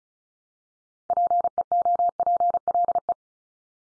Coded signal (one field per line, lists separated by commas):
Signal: Morse code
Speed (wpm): 34 wpm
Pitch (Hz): 700 Hz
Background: none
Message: PEOPLE